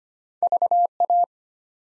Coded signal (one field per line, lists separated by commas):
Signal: Morse code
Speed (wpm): 25 wpm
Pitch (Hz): 700 Hz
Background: none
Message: VA